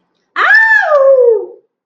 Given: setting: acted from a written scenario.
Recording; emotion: vocal sound without words; elation